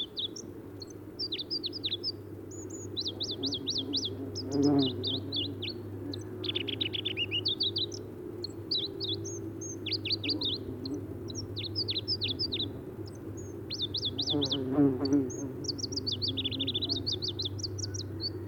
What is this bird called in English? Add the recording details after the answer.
Pallas's Leaf Warbler. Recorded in the wild. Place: Irkutsk, RU. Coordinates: 52.252, 104.546. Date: 1979-06-11. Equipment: Nagra III BH, Sennheiser MD 21, parabola. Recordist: Schubert, Michael. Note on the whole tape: Gesang Goldhähnchenlaubsänger